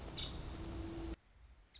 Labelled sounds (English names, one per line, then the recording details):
Nuttall's Woodpecker
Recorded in Sonoma County, California